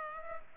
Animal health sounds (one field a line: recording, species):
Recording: mosquito wingbeat signal from an infrared sensor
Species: Culex pipiens